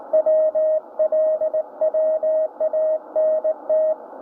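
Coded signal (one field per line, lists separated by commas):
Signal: Morse code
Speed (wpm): 18 wpm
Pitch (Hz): 630 Hz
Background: none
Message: WL WANT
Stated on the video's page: 60 metre CW received on a Tecsun S2200-x receiver with an end-fed antenna or internal loop.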